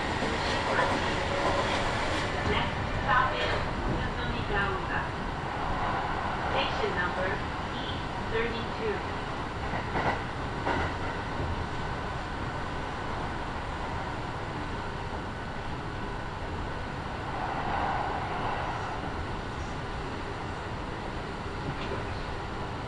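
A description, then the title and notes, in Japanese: Inside a local stopping train, a steady low rumble of wheels and motor runs throughout at a constant level. Brief clicks and knocks from the car sound every few seconds, a faint voice appears early on, and a softer hum swells around eighteen seconds. 近鉄名古屋線各駅停車 白子→津新町。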